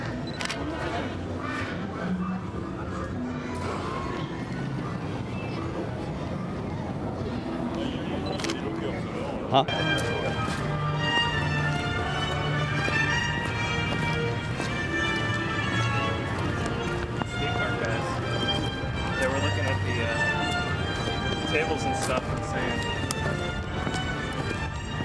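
Theme park crowd sound with a steady mix of many overlapping voices and footsteps. Just before the ten-second mark a sharp knock lands, and after it a brighter layer of tonal music or ride sounds joins the chatter and holds to the end.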